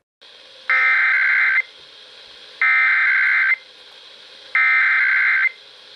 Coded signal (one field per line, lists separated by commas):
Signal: Emergency Alert System (SAME) tones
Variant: header bursts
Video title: North Carolina July Tests - EAS Alerts from 7/9/18 (EAS #1,406 - 1,409) -